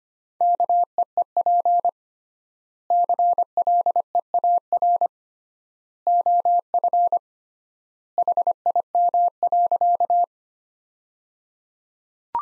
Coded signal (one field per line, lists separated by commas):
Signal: Morse code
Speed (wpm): 25 wpm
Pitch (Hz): 700 Hz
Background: none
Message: KEEP CLEAR OF HIM.